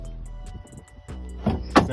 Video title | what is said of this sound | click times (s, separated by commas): How to Install a Door Glass on a 2017 Ford F-150 | simply letting it snap and lock in. You hear it snap just now? | 1.8 s